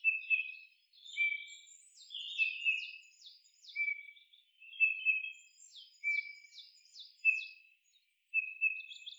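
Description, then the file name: Eurasian bullfinch giving several short level whistled notes, with brief higher chirps and quick downward ticks between them. "Pyrrhula pyrrhula"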